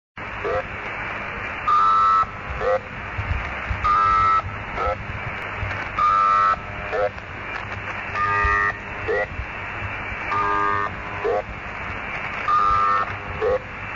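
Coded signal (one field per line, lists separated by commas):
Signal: channel marker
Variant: S32 Squeaky Wheel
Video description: Characteristics: Old squeaky bicycle wheel, Pulsating sound, Male or female voice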